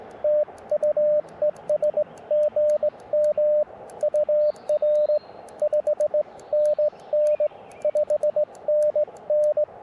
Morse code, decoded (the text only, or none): TU ES GM UR 5NN 5NN